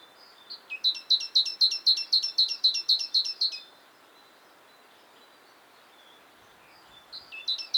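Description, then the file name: Great tit giving a quick run of sharp, metallic double notes for about three seconds, then a quiet pause before the series starts again at the end. "Parus major"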